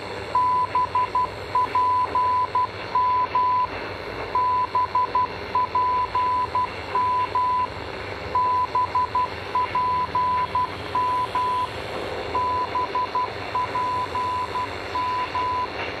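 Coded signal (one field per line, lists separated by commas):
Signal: Morse code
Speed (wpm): 12 wpm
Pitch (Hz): 1000 Hz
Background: radio noise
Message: BPM BPM BPM BPM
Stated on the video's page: BPM time signal from Pucheng County, Shaanxi, China, received on 15000 kHz shortwave.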